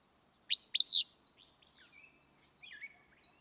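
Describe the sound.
Willow Flycatcher: a single snappy, buzzy two-note phrase, then faint thin whistles and chips.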